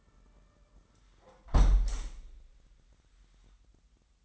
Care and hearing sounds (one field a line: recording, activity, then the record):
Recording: daily activity, microphone in the room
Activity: close window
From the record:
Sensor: 3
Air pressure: 998.5 hPa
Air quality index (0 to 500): 136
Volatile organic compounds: 4 ppm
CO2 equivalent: 1633 ppm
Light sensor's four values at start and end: 8/20/8/9 and 8/20/8/9